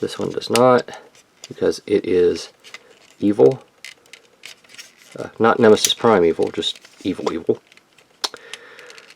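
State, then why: Seated. Someone talks while pushing a plastic combiner part into the figure's slot, with small clicks and taps after a failed first attempt. A sharp click at 8.3 s marks the part locking into place.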